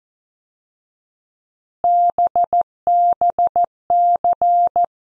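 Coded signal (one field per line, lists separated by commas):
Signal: Morse code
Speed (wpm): 14 wpm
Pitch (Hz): 700 Hz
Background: none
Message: BBC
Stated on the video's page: News headlines copy practice at 14 wpm.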